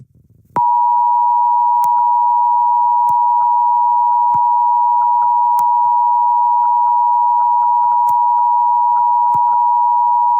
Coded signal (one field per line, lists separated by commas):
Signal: Emergency Alert System (SAME) tones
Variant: 853 and 960 Hz attention tone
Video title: EAS Scenario: Was it worth it? (Read Desc)